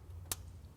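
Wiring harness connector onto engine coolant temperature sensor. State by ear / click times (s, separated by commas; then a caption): seated / 0.3 s. A wiring harness electrical connector is pushed onto a new engine coolant temperature sensor, giving one sharp click at 0.3 s over a steady low hum. The click means the connector is seated with a solid connection.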